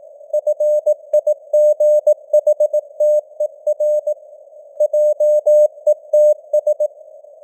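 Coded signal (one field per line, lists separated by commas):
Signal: Morse code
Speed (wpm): 18 wpm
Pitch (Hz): 600 Hz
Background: none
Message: FIGHTER JETS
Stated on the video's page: Morse news headlines at 18 wpm with simulated radio noise and varying signal strength (QSB).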